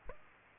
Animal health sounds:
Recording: mosquito wingbeat signal from an infrared sensor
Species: Aedes aegypti

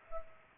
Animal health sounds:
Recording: mosquito wingbeat signal from an infrared sensor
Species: Culex pipiens

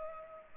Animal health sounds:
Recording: mosquito wingbeat signal from an infrared sensor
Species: Culex pipiens

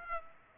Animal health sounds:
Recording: mosquito wingbeat signal from an infrared sensor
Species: Aedes aegypti

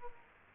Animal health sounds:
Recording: mosquito wingbeat signal from an infrared sensor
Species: Culex quinquefasciatus

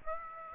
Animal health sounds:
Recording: mosquito wingbeat signal from an infrared sensor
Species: Aedes aegypti

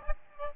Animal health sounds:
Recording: mosquito wingbeat signal from an infrared sensor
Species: Aedes albopictus

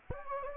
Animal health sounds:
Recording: mosquito wingbeat signal from an infrared sensor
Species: Anopheles gambiae

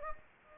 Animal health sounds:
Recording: mosquito wingbeat signal from an infrared sensor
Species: Anopheles gambiae

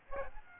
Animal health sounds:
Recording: mosquito wingbeat signal from an infrared sensor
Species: Aedes aegypti

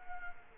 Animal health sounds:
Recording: mosquito wingbeat signal from an infrared sensor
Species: Culex quinquefasciatus

